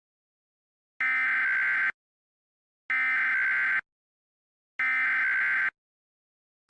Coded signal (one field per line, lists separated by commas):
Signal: Emergency Alert System (SAME) tones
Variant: header bursts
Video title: EAS #6: Lawrence County PA Tornado Warning || 5/3/21